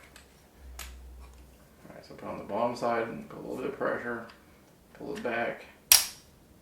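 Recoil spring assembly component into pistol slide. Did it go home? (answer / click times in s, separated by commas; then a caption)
yes / 5.9 s. Someone talks while reassembling a Kimber 1911 Ultra Carry II pistol during a field strip, pressing on the bottom side and pulling back the recoil spring assembly component in the pistol slide. At 5.9 s a loud, sharp metallic snap is heard as it seats into place.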